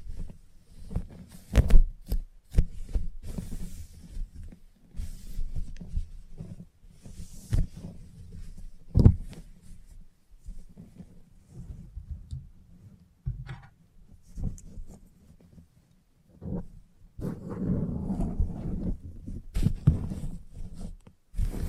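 Salon haircut with frequent sharp scissor snips and rustling over a low, uneven hum, with a denser scratchy stretch around seventeen seconds.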